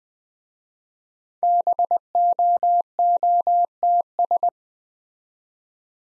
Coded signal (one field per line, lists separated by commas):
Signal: Morse code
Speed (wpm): 20 wpm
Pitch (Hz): 700 Hz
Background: none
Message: BOOTS